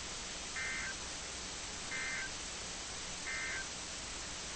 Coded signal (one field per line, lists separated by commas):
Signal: Emergency Alert System (SAME) tones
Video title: EAS #1052-1060 (8/13/21)